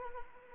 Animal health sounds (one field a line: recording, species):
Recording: mosquito wingbeat signal from an infrared sensor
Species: Anopheles arabiensis